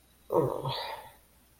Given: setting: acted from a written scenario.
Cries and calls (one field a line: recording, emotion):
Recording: vocal sound without words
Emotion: sadness